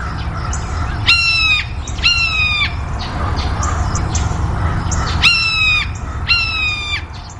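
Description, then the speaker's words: Blue Jay harsh screams, each a slightly descending squeal, several given in loose groups, over low background rumble. Hawk call mimicking a hawk, a single note; given a little away from bird feeders, then the jay glides in like a hawk so other birds scatter; deceptive danger signal. "Blue jays will give what we call a hawk call. They mimic a hawk. It's a single note. And this is what it sounds like."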